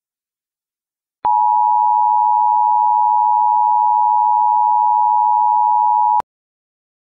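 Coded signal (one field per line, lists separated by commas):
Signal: Emergency Alert System (SAME) tones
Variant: 853 and 960 Hz attention tone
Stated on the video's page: Fictional EAS scenario.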